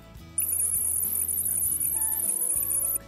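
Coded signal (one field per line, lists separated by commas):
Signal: data over sound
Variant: FH-BFSK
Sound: high-pitched burst of rapidly hopping chirpy tones lasting under three seconds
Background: low room hum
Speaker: The CONTROL channel uses fh-bfsk which is the one that you just heard. It is very close to JANUS, but not exactly the same.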